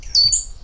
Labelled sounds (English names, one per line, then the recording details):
Stitchbird song
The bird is a male
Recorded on Tiritiri Matangi Island, New Zealand, in 2005
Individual 7, of nest box 9